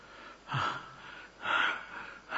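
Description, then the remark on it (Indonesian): A voice imitates the heavy, agitated panting of a very angry person whose heart is pounding. A few loud, breathy huffs come in a slow, uneven rhythm, each a rough rush of air with no words spoken. “Atau kamu lihat yang sangat keras marahnya akan ngos-ngosan karena jantungnya.”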